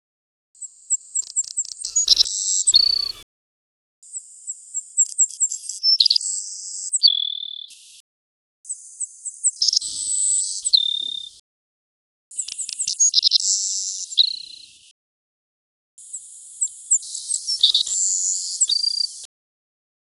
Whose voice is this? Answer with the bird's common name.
Savannah Sparrow